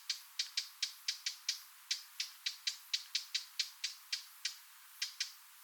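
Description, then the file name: Eurasian blackcap giving hard, dry tacking calls, sharp clicks repeated about three or four per second with a couple of brief pauses, high-pitched and percussive with no other sounds. "Sylvia atricapilla"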